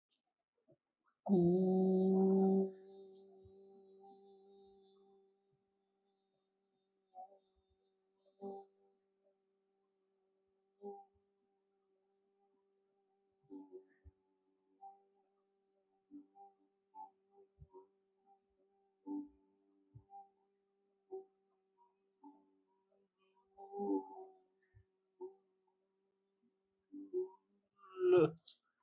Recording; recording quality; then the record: sustained vowel as in boot; excellent, no background noise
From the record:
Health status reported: healthy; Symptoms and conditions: none ticked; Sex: male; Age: 21 years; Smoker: yes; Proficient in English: yes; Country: India